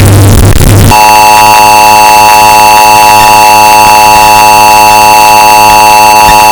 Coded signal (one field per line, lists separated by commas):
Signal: Emergency Alert System (SAME) tones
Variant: 853 and 960 Hz attention tone